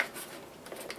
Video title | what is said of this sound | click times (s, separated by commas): Tokyo Marui AA12 Unboxing and Overview | got a nice positive clicks they're holding it in place | 0.0 s, 0.9 s